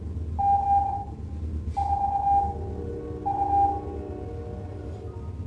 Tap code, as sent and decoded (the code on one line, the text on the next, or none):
none